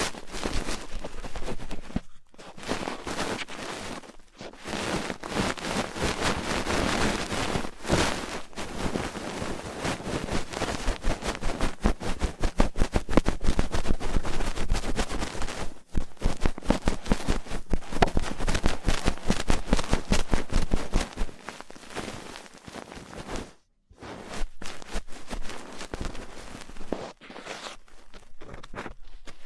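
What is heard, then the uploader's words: Rough ear cleaning: a dense, crackling scratch and rub that runs almost without letup, gritty and bright, with fast rasping strokes. Brief silent breaks fall around 2, 4.5, 8 and 16 seconds, with a longer one near 24 seconds before the scraping resumes. ASMR Rough Ear Cleaning (No Talking).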